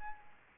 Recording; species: mosquito wingbeat signal from an infrared sensor; Aedes albopictus